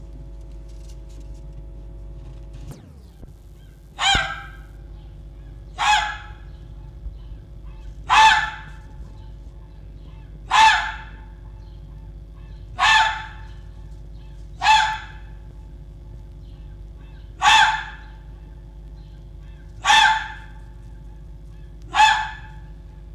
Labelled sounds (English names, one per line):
Red Fox